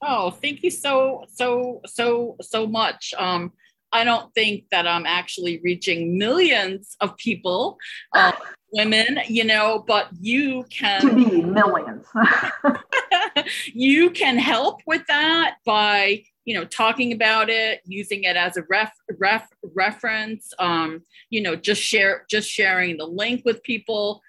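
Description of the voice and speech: An adult woman's speech with repeated syllables ("so-so-so-so much," "ref-ref-reference") and drawn-out sounds: stuttering.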